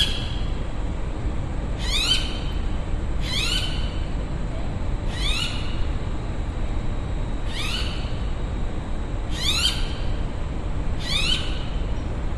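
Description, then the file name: Bird repeating quick, buzzy rising call bursts, six in about twelve seconds at uneven intervals, against a continuous low rumble. Recorded outdoors in the evening at a university recreation area in Brisbane. "zapsplat public places uni recreation area ext quite few people birds eve brisbane"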